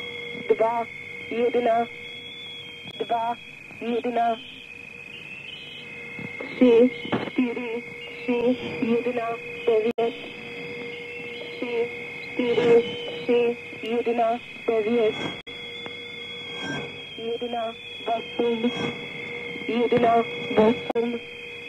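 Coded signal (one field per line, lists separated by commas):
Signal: numbers station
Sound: short spoken words at regular intervals over steady whistling carrier tones and hum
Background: radio static, carrier whistle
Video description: Soundtrack is a numbers station recording from the Conet Project.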